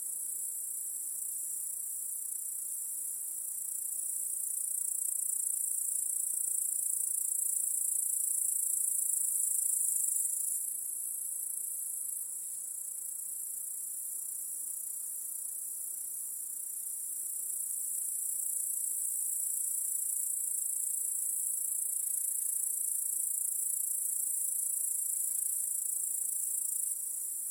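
Crickets trill in a dense, unbroken chorus, a high, shimmering hiss that holds steady for the whole stretch. The chorus swells slightly around five to ten seconds and again after eighteen. A faint low hum sits quietly underneath.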